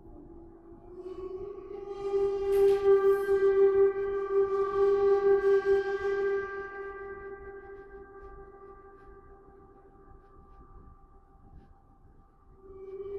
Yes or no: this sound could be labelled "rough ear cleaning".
no